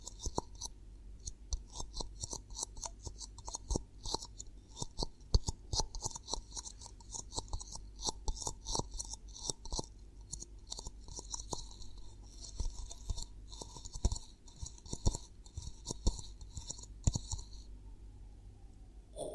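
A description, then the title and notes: ASMR triggers make a dense, continuous stream of crisp crackles and tiny clicks, like crunching or crinkling, with no real pauses across the whole stretch. A faint, steady hum and a thin bright hiss run underneath, and the crackling eases slightly near the end. ASMR 10 Hypnotic Triggers Around Your Head and Ears (No Talking).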